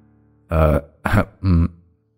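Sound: man clearing his throat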